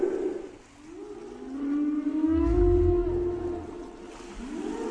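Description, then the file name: Whale song: a long gliding tonal moan rising slowly, with a low throbbing rumble in the middle and another upward sweep at the end. "Canto de las ballenas"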